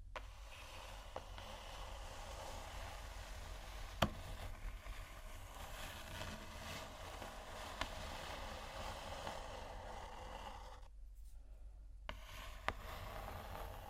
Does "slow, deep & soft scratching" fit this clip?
yes